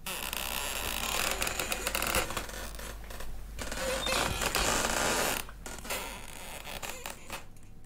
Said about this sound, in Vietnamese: Thật là kỳ lạ, lần này ổ khóa vang lên một tiếng tách, từ từ mở ra. Cánh cửa có lẽ như đã lâu ngày, nó rít lên những tiếng nghe đến dần rợn cả người, vang lên trong căn nhà vốn dĩ đã đầy mùi ẩm mốc.